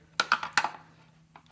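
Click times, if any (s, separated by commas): 0.2 s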